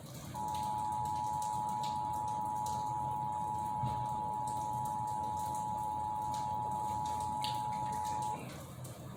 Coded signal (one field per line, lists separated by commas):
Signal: Emergency Alert System (SAME) tones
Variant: 853 and 960 Hz attention tone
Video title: EAS #411: Required Monthly Test - Indiana (10/21/2021) (WXIN)